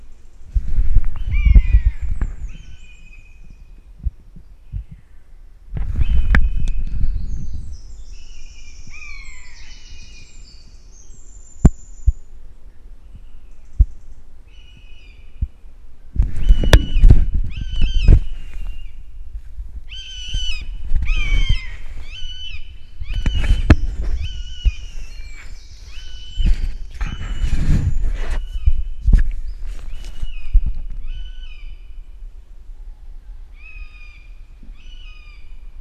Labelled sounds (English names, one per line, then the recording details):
Common Buzzard call
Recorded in the wild
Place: Niederspree, Niederspreer Teichgebiet, Sachsen, DE
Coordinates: 51.4119, 14.8739
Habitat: coniferous forest
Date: 2008-07-30
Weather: heiter, 20°C, fast windstill
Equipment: Fostex FR2-LE, Sennheiser ME66, Popschutz
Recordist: Frommolt, Karl-Heinz